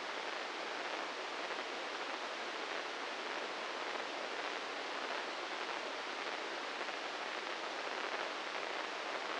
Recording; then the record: brain microelectrode recording played as sound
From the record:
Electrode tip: inside the subthalamic nucleus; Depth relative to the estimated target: 0 mm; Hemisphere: right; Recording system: NeuroSet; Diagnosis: Parkinson's disease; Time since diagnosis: 15 years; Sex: male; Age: 65 years